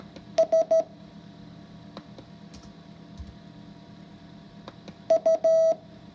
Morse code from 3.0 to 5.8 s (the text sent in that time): U